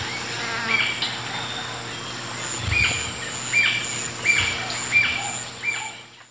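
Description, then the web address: Paradise jacamar singing a run of thin, sharp whistles spaced under a second apart, with a low background drone and insects. Start and end of song; eastern lowlands of South America. "Natures Songs S America Eastern Lowlands Galbula dea, start and end of song"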